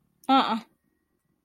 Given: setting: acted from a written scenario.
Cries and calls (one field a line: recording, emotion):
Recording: vocal sound without words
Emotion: contempt